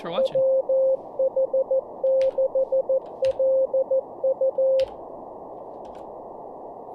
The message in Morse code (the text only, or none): WH6LU